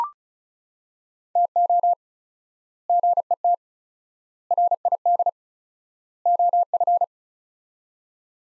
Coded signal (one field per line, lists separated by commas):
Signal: Morse code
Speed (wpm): 34 wpm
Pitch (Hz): 700 Hz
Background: none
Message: TO GET RID OF